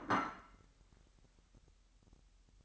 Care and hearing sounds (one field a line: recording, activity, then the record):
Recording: daily activity, microphone in the room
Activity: place plate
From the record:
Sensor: 3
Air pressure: 1002.0 hPa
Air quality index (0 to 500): 246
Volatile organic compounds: 51 ppm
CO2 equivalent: 3304 ppm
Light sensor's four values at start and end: 12/36/15/13 and 12/37/16/13